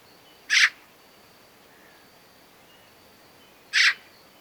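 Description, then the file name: Eurasian magpie calls: two short, scratchy single rasps about three seconds apart, with silence between. "Pica pica"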